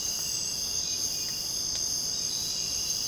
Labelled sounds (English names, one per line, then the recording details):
none
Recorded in dense forest near Puerto Asís, Putumayo, Colombia, on 23 June 2025 at 05:00
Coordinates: 0.486, -76.317
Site G065